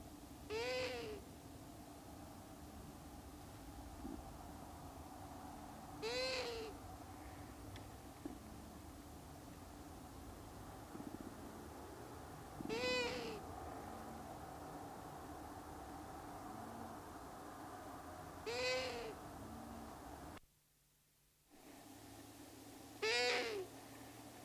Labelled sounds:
Long-eared Owl (Asio otus)
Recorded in the wild
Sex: pair
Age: adult
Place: Rötlen, Baden-Württemberg, DE
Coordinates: 48.9664, 10.2194
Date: 1972-04-13
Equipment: Uher Report 4200, Scotch-Classic 19cm, AKG D190C in Doppelparabolreflektoren
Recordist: Krey, Winfried

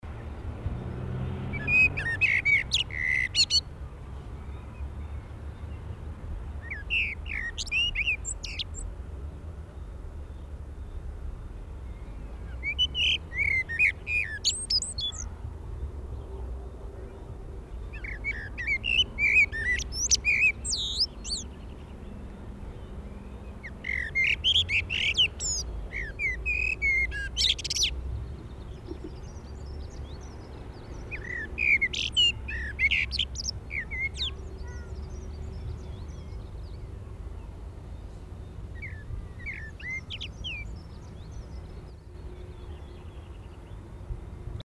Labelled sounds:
Common Blackbird (Turdus merula) song, Coal Tit (Periparus ater)
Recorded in the wild
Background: Periparus ater
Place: Ehrwald, Tirol, AT
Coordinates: 47.4, 10.9183
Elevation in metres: 980
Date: 1968-04-17
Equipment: 19 cm Halbspur
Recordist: Tretzel, Erwin
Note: Ehrwald: Gesang

